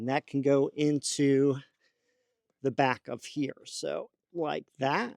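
Someone talks while handling a USB harness port module for a Fisker Ocean, turned so its flat end faces up and positioned at the back of the center-console panel opening. Only speech is heard, with no click, and nothing has seated or clicked yet.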